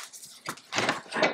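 With the delta ring held pressed down on an AR-15 rifle's upper receiver, the handguard is given a sharp whack. A single sharp knock sounds at 0.5 s as the handguard pops free of the delta ring, followed by louder rustling and handling noise. The handguard comes loose from the upper receiver.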